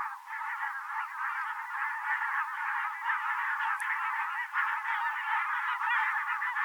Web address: chant xeno-canto bernache nonnette